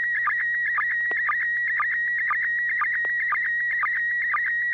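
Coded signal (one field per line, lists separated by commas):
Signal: SSTV (slow-scan television)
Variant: PD120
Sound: steady warbling tone around 1.9 kHz, broken by short low sync blips roughly twice a second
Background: radio hum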